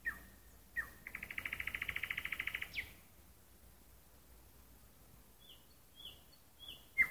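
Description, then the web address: Nightingale singing a level whistle, then a rapid even trill of pulses for over a second ending in an upswept note, followed by soft sliding whistles. Song at night in a park. "nocny park spiew slowika"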